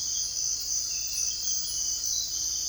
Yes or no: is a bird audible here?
no